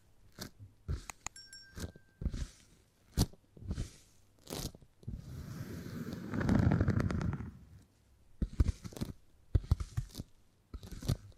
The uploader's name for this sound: Brain Tingly Sounds Using Beeswax